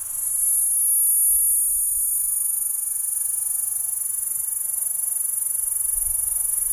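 P. catenata sustaining a high, hissing stridulation without pause, loudest early on, then steady, over soft low rumbling.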